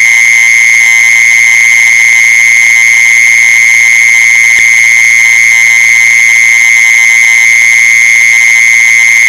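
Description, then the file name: Mole cricket with a constant, piercing trill that does not vary, and one brief thump partway through. "tieng de trui de chui"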